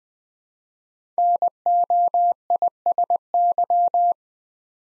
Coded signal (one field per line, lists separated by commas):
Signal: Morse code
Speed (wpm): 20 wpm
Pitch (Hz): 700 Hz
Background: none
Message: NOISY